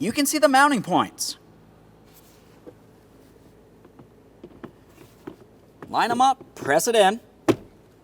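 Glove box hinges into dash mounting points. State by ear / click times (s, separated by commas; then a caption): not seated / none. Someone talks while a plastic glove box is brought into position on a 2014-2019 Toyota Corolla during an HVAC blend door actuator replacement, its bottom hinge points being lined up with the dash mounting points before being pressed in. Between the speech, faint light taps sound from about 3.9 s to 5.3 s as the parts are handled. Nothing has seated or clicked yet.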